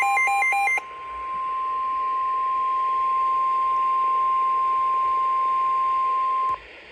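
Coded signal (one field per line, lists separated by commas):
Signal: Emergency Alert System (SAME) tones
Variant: 1050 Hz attention tone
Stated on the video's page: Severe thunderstorm warning received from a NOAA Weather Radio transmitter and an HD FM station at 99.9.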